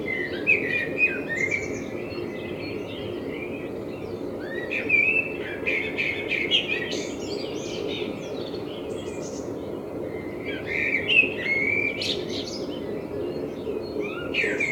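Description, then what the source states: Common blackbird singing, low warbled phrases that break into high squeaky twitters, several phrases in a row over a steady low hum. Binaural recording with a self-built dummy head, in front of the recordist's window; intended for headphone listening.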